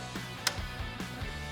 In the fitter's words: so you hear that little click you can come back to the rear of the machine